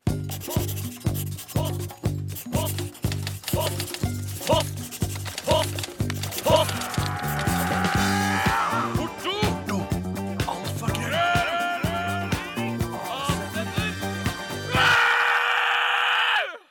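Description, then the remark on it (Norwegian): A short radio jingle, the extended version with a roar, with a steady, pulsing beat and bright melodic layers, ending in a loud, raspy man's roar that bursts over the music for a couple of seconds. “Jeg synes den kommer mye sterkere gjennom med brøl, altså.”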